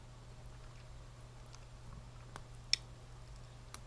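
The screw-down crown of a metal wristwatch case is unscrewed until it springs out into the setting position. Over a steady low hum, faint ticks of the turning lead up to one sharp, bright pop at 2.7 s as the crown fully disengages and is released, followed by another faint tick near 3.7 s.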